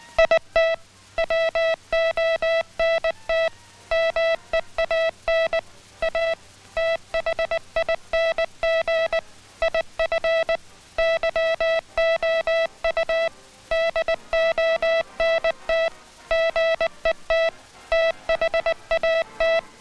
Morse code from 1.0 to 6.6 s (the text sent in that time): WONT MEAN A